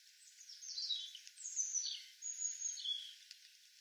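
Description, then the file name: European robin song: a continuous high, thin warble of sliding whistles and trills running almost the whole time, with soft background hiss. "Erithacus rubecula"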